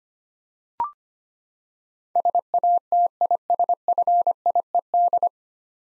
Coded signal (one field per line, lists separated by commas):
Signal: Morse code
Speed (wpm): 25 wpm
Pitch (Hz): 700 Hz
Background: none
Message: SATISFIED